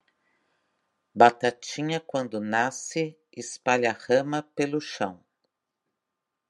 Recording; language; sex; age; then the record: short text; Brazilian Portuguese; female; 50 to 59 years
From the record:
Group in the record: control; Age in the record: 52 years